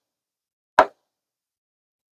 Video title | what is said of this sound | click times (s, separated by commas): MagneShade Review: Does It Work? | basically when you can hear it you hear it snap down | 0.8 s